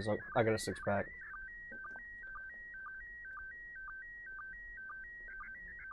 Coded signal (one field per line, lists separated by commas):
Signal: SSTV (slow-scan television)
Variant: PD 120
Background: speech